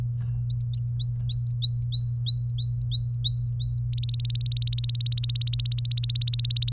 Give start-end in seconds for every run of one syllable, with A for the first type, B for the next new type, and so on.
0.50-3.79 A, 3.93-6.72 B